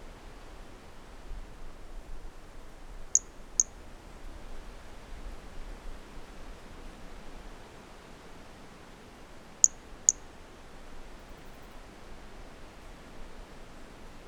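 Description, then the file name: Brachycephalus mirissimus giving very high, thin, click-like notes in two quick pairs several seconds apart, over steady low background noise. Single individual recorded 150 cm away on 15 January 2018; first note of the call missing; wind present. "Brachycephalus mirissimus 15 jan 2018 individual 09 ex 02 150 cm first note missing with wind M R Bornschein"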